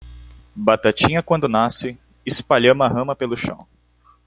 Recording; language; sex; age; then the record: short text; Brazilian Portuguese; male; 18 to 19 years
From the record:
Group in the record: control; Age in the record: 18 years